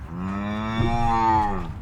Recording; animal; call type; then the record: contact call of a hoofed animal; cattle; low-frequency (closed-mouth) or high-frequency (open-mouth) call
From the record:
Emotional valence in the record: negative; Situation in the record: full separation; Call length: 1.82 s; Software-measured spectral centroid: 1300 Hz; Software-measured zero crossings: 1170 a second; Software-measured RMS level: -23 dBFS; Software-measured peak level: -9 dBFS